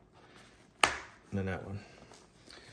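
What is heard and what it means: A liner press-stud snaps closed into its socket on a Shoei Neotec II helmet shell with a sharp click at 0.8 s during installation of a Sena SRL Mesh. The button is seated, and someone talks briefly afterward.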